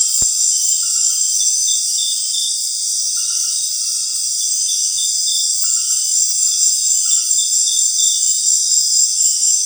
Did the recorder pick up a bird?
no